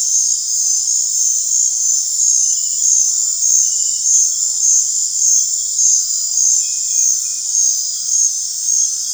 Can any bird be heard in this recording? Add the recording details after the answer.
no. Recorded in dense forest near Puerto Asís, Putumayo, Colombia, on 21 December 2024 at 20:00. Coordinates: 0.468, -76.322. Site G071